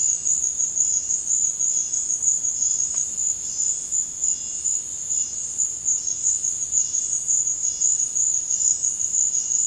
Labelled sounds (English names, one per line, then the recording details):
none
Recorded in dense forest near Puerto Asís, Putumayo, Colombia, on 8 March 2025 at 16:00
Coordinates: 0.486, -76.317
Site G053